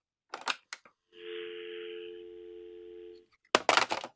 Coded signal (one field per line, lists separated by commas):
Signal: telephone call progress tone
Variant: North America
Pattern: dial tone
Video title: Merlin Phone Haul